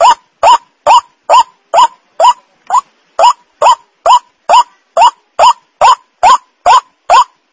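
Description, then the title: White-breasted waterhen calling, harsh rising notes repeated steadily about twice a second. Lure call of the white-breasted waterhen, known locally as ruak-ruak. "Pancingan Suara Ruak Ruak"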